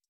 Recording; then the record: hydrophone in a shrimp aquaculture tank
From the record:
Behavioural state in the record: stressed